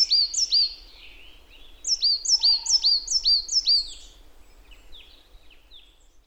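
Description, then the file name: Marsh tit sounding a clear series of loud, sharp, downslurred notes at a steady pace, then several quieter, fading notes, with light background hiss. "Poecile palustris"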